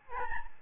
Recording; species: mosquito wingbeat signal from an infrared sensor; Aedes albopictus